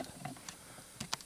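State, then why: Seated. The top edge of the plastic cabin filter access door on a 2002 Acura MDX is pressed into its housing behind the glove box. A few light taps and rustles lead up to a sharp snap at 1.1 s, when the top of the door seats in place.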